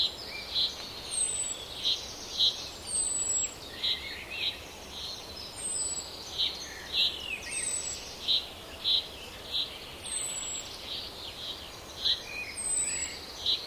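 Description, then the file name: Common chaffinch giving sharp short call notes in irregular pairs and runs, with recurring thin high descending whistles and a steady hiss in the background. "Fringilla coelebs"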